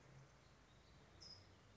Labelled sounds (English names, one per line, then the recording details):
California Towhee
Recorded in Sonoma County, California